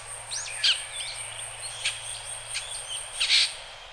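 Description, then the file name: Japanese grosbeak calling with a few brief, clipped chirps and thin sliding notes, irregularly spaced, against faint constant background hiss. Recorded at Kaji, Hyogo. "ikaru 0804 hyogo kaji"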